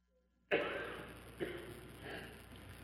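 After a brief silence, a sharp burst is followed by two softer bursts about a second apart, over steady tape hiss and room noise. This is an adult coughing in a courtroom at the 1964 Rivonia trial of Nelson Mandela, during the prosecutor's opening statement, preserved on old reel-to-reel tape.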